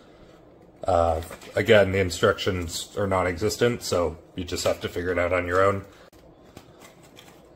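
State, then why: Seated. Someone talks for about five seconds, then a removable plastic razor shelf is pushed into the back of a TAILI fogless suction shower mirror with no-drilling mount. A faint knock is heard at 6.6 seconds, and the shelf seats with a short, sharp click at 7.2 seconds.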